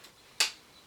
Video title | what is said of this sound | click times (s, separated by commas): UNBOXING My ENTIRE Upgraded Filming Set Up! SET UP & Transform My Filming Space! - Step By Step! 2/2 | and listen for the click | 0.4 s